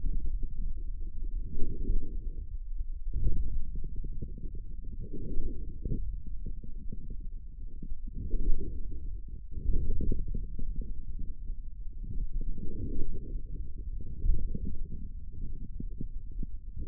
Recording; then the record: forearm muscle sounds (acoustic myography)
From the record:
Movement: forearm supination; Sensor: system 1, eight BSWA MPA416 microphones around the upper forearm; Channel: 5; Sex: male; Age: 41 years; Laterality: right